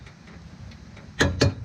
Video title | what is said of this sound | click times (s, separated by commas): John Deere 1025R Mower Blade Replacement: 3 Methods | torque on there before I hear that click | 1.4 s